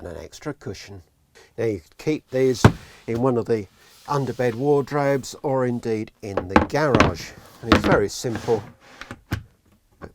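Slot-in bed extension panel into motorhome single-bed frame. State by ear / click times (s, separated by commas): seated / 9.0 s, 9.1 s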